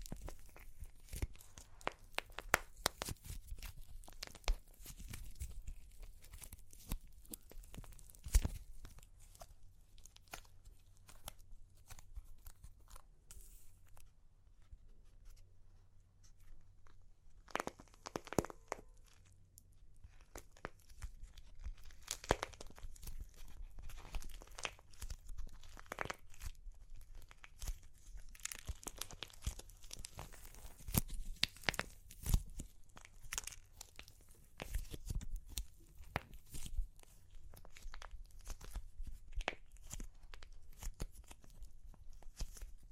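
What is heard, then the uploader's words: Crunchy clay cracks and crumbles in dense bursts of sharp snaps and crackles, with a quieter stretch around fifteen seconds before resuming. Super Crunchy Clay Cracking (No Talking).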